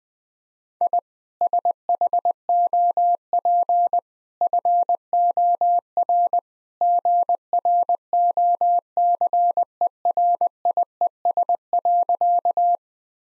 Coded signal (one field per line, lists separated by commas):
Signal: Morse code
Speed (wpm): 20 wpm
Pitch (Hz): 700 Hz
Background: none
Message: I SHOP FOR GROCERIES.